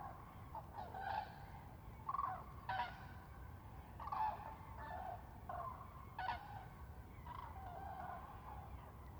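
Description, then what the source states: Common cranes calling with rolling trumpeting notes in short separate bursts over a steady low rumble. Several common cranes in a close fly-by at Lac du Der, France, on 10 January 2021.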